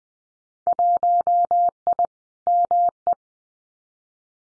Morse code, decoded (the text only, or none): 1I ME